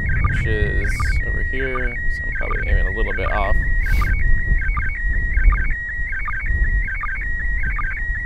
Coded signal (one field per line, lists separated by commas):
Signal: SSTV (slow-scan television)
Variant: PD 180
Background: speech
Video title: Spacesuit MAI-75 Image! - Last Pass of April 2016 ISS SSTV Event - Video #4